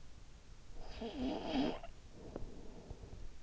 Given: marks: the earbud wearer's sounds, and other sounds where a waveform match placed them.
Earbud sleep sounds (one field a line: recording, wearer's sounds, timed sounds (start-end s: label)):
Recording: sounds in sleep by an in-ear microphone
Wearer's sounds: snoring breath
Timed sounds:
0.57-3.29 s: snoring breath